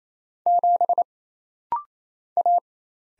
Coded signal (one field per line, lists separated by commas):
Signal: Morse code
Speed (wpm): 27 wpm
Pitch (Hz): 700 Hz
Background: none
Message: 7 A